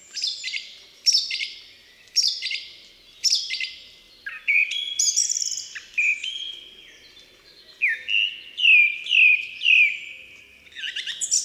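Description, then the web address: Song thrush song: a sharp phrase repeated four times, then varied whistles and a clear rising note repeated several times in quick succession. "Ptaki Spiewak"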